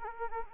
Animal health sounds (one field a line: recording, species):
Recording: mosquito wingbeat signal from an infrared sensor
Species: Anopheles arabiensis